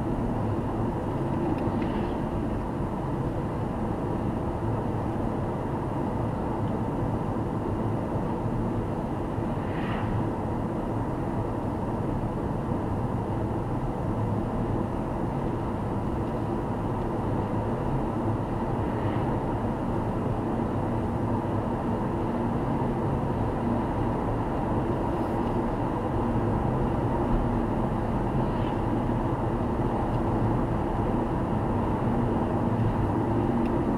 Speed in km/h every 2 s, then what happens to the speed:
75, 78, 79, 77, 75, 75, 76, 79, 82, 86, 86, 89, 91, 92, 93, 94, 90.
0-11 steady at about 75. 11-25 speeds up to 92. 25-34 steady at about 92.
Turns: none.